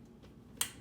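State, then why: Released. A screwdriver seated firmly in a rusted Phillips screw on the metal wheelcover of a 1960 Buick Super Deluxe is pressed down hard. The seized screw breaks free with a sharp, bright snap at 0.6 s, releasing it.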